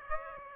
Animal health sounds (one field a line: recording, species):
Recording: mosquito wingbeat signal from an infrared sensor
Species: Aedes aegypti